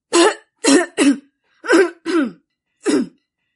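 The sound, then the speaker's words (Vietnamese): A man chokes and goes red in the face in a violent coughing fit: six harsh, raspy coughs burst out in uneven clusters over a few seconds, loud and strained, with short silent gaps and no talking. “Y nghe sư đàn chủ nói xong thì nghẹn đỏ cả mặt, bắt đầu ho kịch liệt.”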